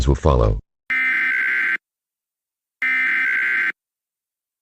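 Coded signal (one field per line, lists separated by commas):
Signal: Emergency Alert System (SAME) tones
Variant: header bursts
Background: speech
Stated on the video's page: Fictional EAS scenario made in Canva; the EAS tones are deliberately invalid.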